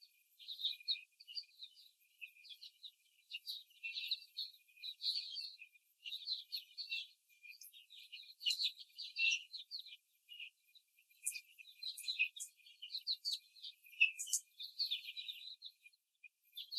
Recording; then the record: young laying hens in a cage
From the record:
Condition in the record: before the stressor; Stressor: simulated dog barking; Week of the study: 3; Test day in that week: 2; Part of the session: 1